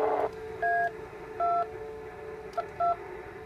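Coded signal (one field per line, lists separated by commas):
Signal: DTMF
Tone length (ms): 240 ms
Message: A2 2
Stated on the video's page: Local 6-meter and west coast 10-meter repeaters received on Kenwood TS-590 and TS-2000 via remote base.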